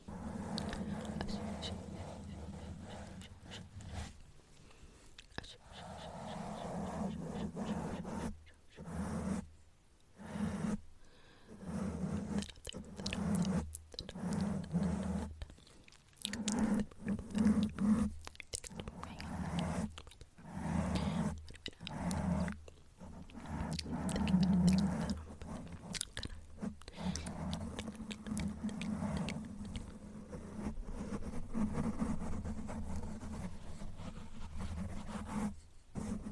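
Soft unintelligible whispering runs through most of the recording, mixed with wet mouth sounds and chewing-like clicks. The sound breaks off into brief silences every few seconds, especially around ten and between fifteen and twenty seconds, with a low steady hum underneath.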